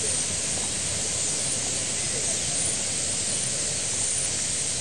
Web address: BBC Sound Effects Library. Starlings - roosting in city square, with some voices